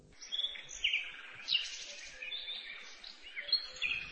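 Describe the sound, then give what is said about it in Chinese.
A small bird chirps steadily, repeating quick, high-pitched tweets and trills at a moderate volume, with no voices present. “我的小鸟突然飞走了。”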